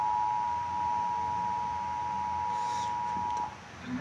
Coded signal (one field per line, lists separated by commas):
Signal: Emergency Alert System (SAME) tones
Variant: 853 and 960 Hz attention tone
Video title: (EAS #14) Tornado Warning for Winnebago, Illinois on TV